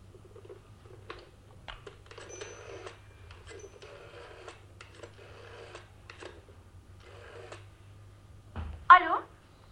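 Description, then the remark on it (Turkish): A series of irregular clicks and rattles from a telephone being dialed over a steady low hum, followed by a single short, loud, buzzing ring at the end. “İkinci Arthur Holmes'u arayalım bakalım.”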